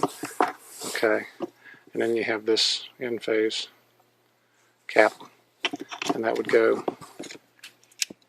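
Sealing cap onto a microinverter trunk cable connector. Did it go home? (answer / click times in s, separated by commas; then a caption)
yes / 8.0 s. Someone talks while a plastic sealing cap is pushed onto an unused drop connector on a solar microinverter trunk cable, with small handling sounds near the end. The cap clicks into place at 8.0 s as its small tabs lock it, and it is seated.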